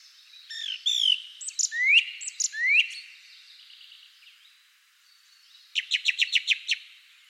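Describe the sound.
Bird song of rising, swept whistles and chirps, a quiet pause, then a rapid string of several sharp repeated notes.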